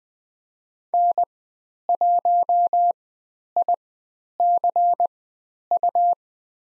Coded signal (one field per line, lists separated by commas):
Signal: Morse code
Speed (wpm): 20 wpm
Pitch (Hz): 700 Hz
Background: none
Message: N1ICU